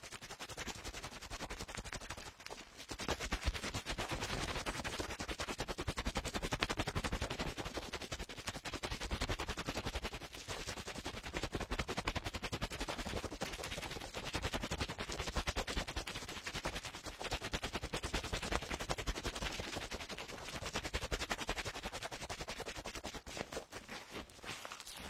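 A cotton swab scrapes and rubs inside an ear. The sound is a dense, rapid crackle of tiny scratchy pops running almost nonstop, with brief quieter pauses near the start and around ten seconds before the rubbing resumes.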